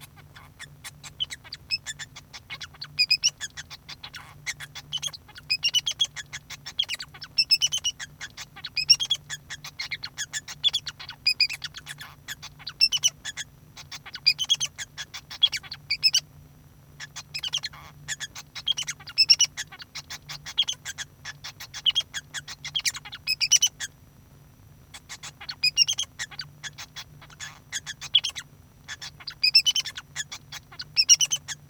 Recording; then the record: song of a male Bengalese finch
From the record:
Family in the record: son of father 2